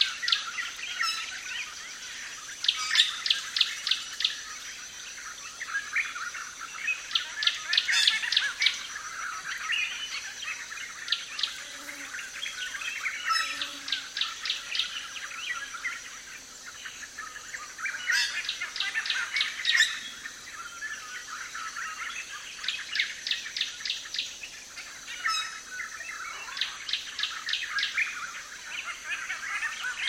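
A dense dawn chorus of many birds in a rainforest grove, rapid chirping trills repeating every few seconds over a steady high insect whine.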